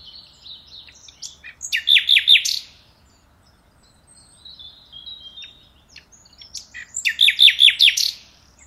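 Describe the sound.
Common nightingale singing two phrases several seconds apart, each with quiet whistled lead-in notes followed by a loud quick run of repeated descending chirps.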